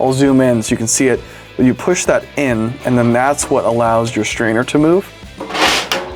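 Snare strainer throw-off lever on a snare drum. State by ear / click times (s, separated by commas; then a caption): seated / 5.9 s. Someone talks while pushing the release button on a snare drum's metal SR1000 throw-off (strainer) and moving the lever up, with a short rustle near 5.4 s. A sharp click at 5.9 s marks the lever locking in place, where it stays until the button is pushed again.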